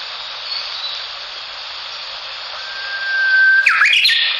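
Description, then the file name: Japanese bush warbler song: a long, steady whistled note held about a second, then a quick burst of rising and falling phrases, over a constant broad hiss. "ウグイス"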